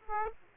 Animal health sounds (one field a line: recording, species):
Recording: mosquito wingbeat signal from an infrared sensor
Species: Aedes aegypti